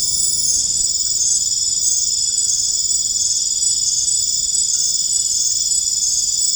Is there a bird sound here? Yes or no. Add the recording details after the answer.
no. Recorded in dense forest near Puerto Asís, Putumayo, Colombia, on 25 June 2025 at 23:00. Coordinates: 0.481, -76.323. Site G072